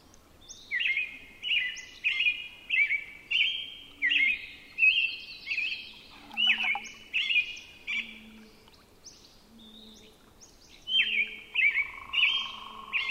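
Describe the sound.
Robin song: a long run of short, similar warbled phrases in quick succession, pausing briefly then resuming, with a soft steady tone near the end.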